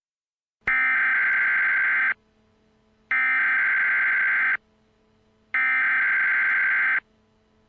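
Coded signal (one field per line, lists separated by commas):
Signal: Emergency Alert System (SAME) tones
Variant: header bursts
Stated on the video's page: Fictional EAS scenario with simulated alert tones.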